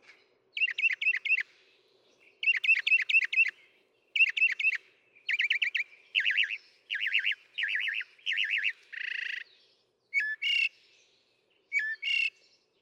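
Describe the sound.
Northern mockingbird song, short bursts of rapidly repeated chirps in groups, each phrase type changing after a few repeats, ending with sharp separate notes and pauses.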